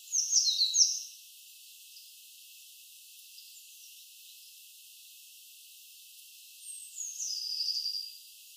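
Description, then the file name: Eurasian blue tit giving a brief burst of high, thin notes at the start, then quiet, then a longer descending buzzy call near the end. "Cyanistes caeruleus"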